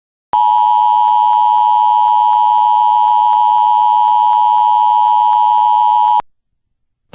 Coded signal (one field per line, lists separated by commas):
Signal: Emergency Alert System (SAME) tones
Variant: 853 and 960 Hz attention tone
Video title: Eas senerio